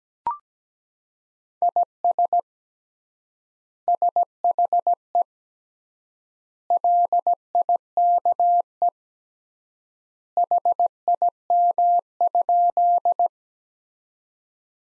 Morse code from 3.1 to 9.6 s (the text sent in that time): SHE LIKE